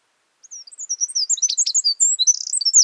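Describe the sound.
Northern wren song, a fast jumble of very high, tinkling and squeaky notes continuing to the end.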